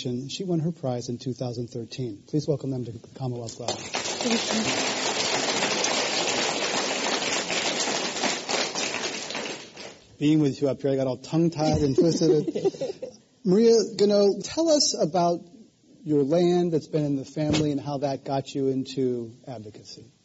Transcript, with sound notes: She won her prize in 2013.
Please welcome them to the Commonwealth Club.
[Applause]
Being with you up here I got all tongue-tied and twisted it.
Maria Gunnoe, tell us about your land that's been in the family and how that got you into advocacy.